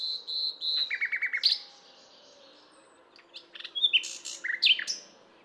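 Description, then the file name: Common nightingale singing a quick run of repeated chirps, pausing, then breaking into a jumble of sharp whistled and clicking notes. "Luscinia megarhynchos"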